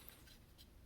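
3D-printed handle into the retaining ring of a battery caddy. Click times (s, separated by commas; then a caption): 0.1 s. A 3D-printed plastic handle is slid through a printed ring on a 3D-printed DeWalt 6x battery caddy. A short, sharp snap at 0.1 s stands out over faint rubbing and low background noise. The handle pops into place behind the small retainers and is seated.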